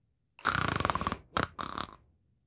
Drunk snoring.